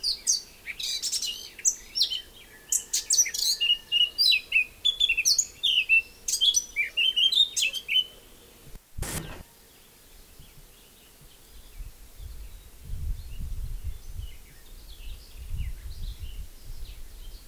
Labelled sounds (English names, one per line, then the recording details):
Eurasian Blackcap song
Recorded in the wild
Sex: male
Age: adult
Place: Effeltrich, Bayern, DE
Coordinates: 49.6603, 11.0908
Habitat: deciduos high forest
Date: 1964-05-01
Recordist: Tretzel, Erwin